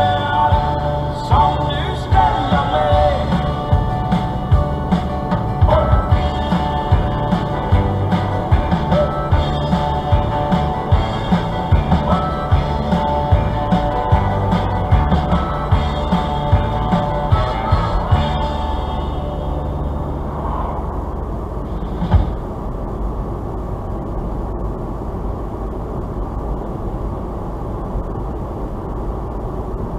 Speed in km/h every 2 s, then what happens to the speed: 64, 65, 67, 68, 70, 70, 70, 68, 68, 68, 69, 69, 69, 69, 71.
0-8 speeds up to 70. 8-30 steady at about 69.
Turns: none.